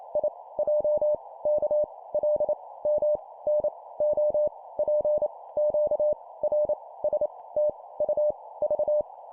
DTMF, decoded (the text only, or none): none